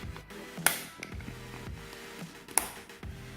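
A Samsung Galaxy S10 Plus smartphone is pressed into the hard protective case that comes with it, with music playing underneath. Two strong, sharp snaps at 0.7 s and 2.6 s are the corners clicking into place. The phone ends up seated and fits perfectly in the case.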